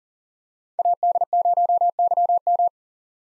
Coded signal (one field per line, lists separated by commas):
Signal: Morse code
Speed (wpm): 37 wpm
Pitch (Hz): 700 Hz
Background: none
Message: AD0YM